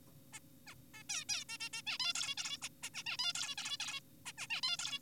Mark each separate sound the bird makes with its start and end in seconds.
0.34-0.39, 0.67-0.74, 0.94-1.03, 1.10-1.24, 1.29-1.44, 1.49-1.58, 1.60-1.69, 1.73-1.82, 1.87-1.98, 2.00-2.13, 2.15-2.35, 2.38-2.58, 2.62-2.69, 2.83-2.90, 2.94-3.03, 3.06-3.17, 3.19-3.33, 3.35-3.55, 3.58-3.78, 3.80-4.00, 4.26-4.32, 4.38-4.47, 4.50-4.61, 4.63-4.77, 4.79-4.99